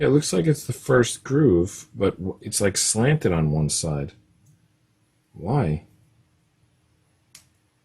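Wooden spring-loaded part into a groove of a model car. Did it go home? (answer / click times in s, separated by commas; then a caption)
yes / 7.4 s. Someone talks while a slanted, spring-loaded wooden part of a ROKR Army Field Car model is pulled into the first groove. A short, sharp click is heard at 7.4 s. The part seats in the groove and now sits even.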